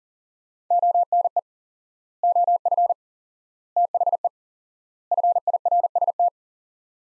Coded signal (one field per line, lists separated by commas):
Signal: Morse code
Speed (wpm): 40 wpm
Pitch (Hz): 700 Hz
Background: none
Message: ONE OF THE FIRST